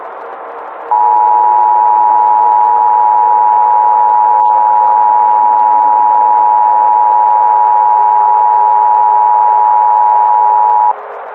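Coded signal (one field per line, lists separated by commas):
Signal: Emergency Alert System (SAME) tones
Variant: 853 and 960 Hz attention tone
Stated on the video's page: Fictional EAS scenario of a Galactic Empire invasion, with tones made with EAS encoder software.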